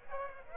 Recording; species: mosquito wingbeat signal from an infrared sensor; Aedes aegypti